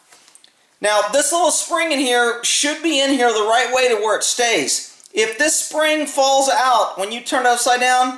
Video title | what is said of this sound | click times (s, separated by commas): Glock firing Pin Removal - Cleaning & Removing The Glock Firing Pen From Slide | then it snaps right out | 0.3 s, 0.4 s